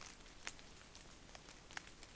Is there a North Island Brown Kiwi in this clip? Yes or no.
no